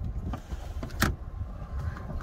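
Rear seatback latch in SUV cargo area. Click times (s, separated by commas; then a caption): 1.0 s. In the cargo area of a 2022 VW Tiguan 2.0T SEL R-Line 4Motion in Oryx White Pearl, the seat release pull handle on the side is pulled and the steel-reinforced rear seatback latch releases. The seatback folds down with a loud thump at 1.0 s, among a few quieter knocks and handling sounds. The latch is confirmed released.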